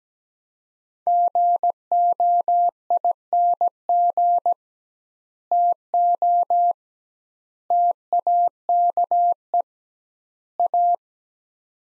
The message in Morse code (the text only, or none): GOING TO TAKE A